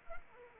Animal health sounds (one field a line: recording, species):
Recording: mosquito wingbeat signal from an infrared sensor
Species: Anopheles arabiensis